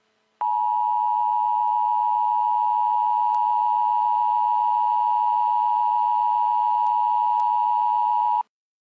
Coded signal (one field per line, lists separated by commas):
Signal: Emergency Alert System (SAME) tones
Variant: 853 and 960 Hz attention tone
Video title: EAS series 1 EAS Test